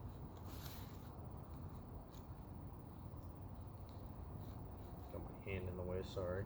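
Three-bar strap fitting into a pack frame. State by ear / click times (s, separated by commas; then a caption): not seated / none. A three-bar strap fitting is worked by hand on the second side of a pack frame, with a hand in the way. Only steady low rumbling handling noise is heard, with someone talking near the end. Nothing has clicked or locked in place yet.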